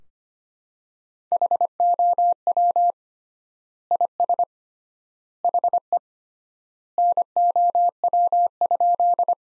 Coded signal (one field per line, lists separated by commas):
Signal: Morse code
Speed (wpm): 25 wpm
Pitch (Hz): 700 Hz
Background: none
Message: HOW IS HE NOW?